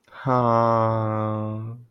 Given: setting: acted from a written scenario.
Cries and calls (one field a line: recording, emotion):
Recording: vocal sound without words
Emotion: adoration